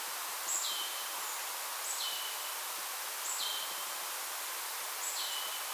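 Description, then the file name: Marsh tit calling, four two-part notes, a thin high pip sliding down to a lower drawn-out tone, repeated roughly every one and a half seconds against constant background hiss. "Poecile palustris"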